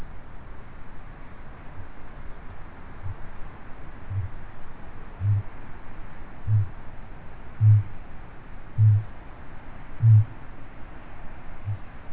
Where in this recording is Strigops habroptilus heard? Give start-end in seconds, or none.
2.85-4.44, 5.00-12.12